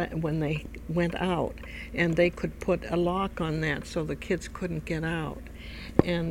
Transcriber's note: none